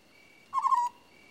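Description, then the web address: African scops owl giving a single short purring trill, slightly falling, lasting under half a second, over a faint steady whine. "The BBC Sound Effects Library. African Scops Owl"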